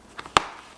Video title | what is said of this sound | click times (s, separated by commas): How to Clean your Motorcycle Helmet - Back in the Garage | hear that one click and then there's one more | 0.4 s